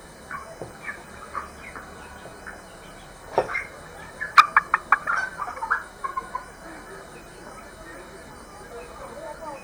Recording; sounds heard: poultry house recording; healthy chickens